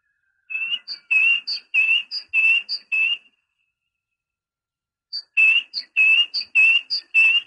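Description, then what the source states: Great tit song: ringing two-note whistles alternating high and low, repeated rhythmically in two phrases with a pause between. Training recording (suara masteran) for songbirds.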